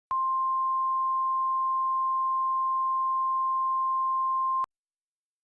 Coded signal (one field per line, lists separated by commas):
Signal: Emergency Alert System (SAME) tones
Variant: 1050 Hz attention tone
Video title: (Eas Mock) Severe Thunderstorm Warning In SD